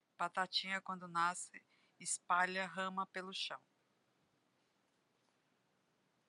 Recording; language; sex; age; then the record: short text; Brazilian Portuguese; female; 50 to 59 years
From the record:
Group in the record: control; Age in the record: 59 years